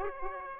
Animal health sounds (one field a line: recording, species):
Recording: mosquito wingbeat signal from an infrared sensor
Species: Aedes aegypti